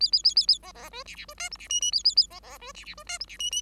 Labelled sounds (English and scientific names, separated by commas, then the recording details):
Bengalese Finch (Lonchura striata domestica) song
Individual Bird5